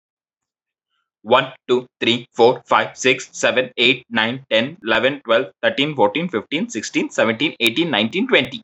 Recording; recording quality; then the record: counting at a fast pace; excellent, no background noise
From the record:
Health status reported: recovered from COVID-19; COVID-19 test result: negative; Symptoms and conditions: none ticked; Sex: male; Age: 23 years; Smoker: not ticked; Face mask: not worn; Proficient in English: yes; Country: India